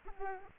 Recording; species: mosquito wingbeat signal from an infrared sensor; Aedes aegypti